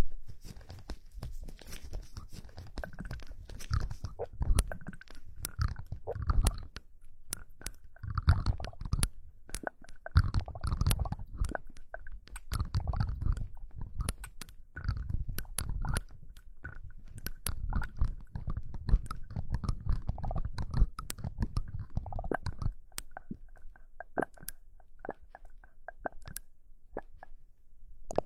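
Ear cleaning sounds: soft scraping, rubbing and crackling, with frequent sharp clicks and pops throughout. Muffled low thuds and rustles swell in bursts between roughly 5 and 23 seconds, then the sounds thin out toward the end.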